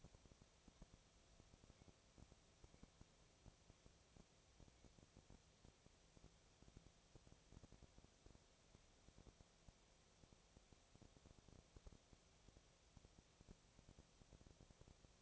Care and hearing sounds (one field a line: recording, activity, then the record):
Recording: daily activity, microphone in the room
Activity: no activity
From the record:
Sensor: 1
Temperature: 19.6 degrees Celsius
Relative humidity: 36.5%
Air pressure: 996.9 hPa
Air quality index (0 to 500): 204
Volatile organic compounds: 128 ppm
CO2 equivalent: 3917 ppm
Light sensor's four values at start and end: 1/2/1/1 and 1/2/1/1